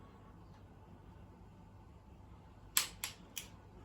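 A click-type torque wrench is pulled on a steel connecting rod nut of an engine, with a faint background hiss for the first few seconds. The wrench gives a sharp click at 2.8 s, followed by two quieter clicks at 3.0 s and 3.4 s. The nut reaches its torque target, and this one turned a little further than the last.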